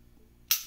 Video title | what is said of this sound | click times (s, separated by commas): Shadow Systems MR920 disassembly process vs a Stock Gen 4 Glock 19 | break the trigger pull back just a tiny bit you'll hear that little click and it'll go forward | 0.5 s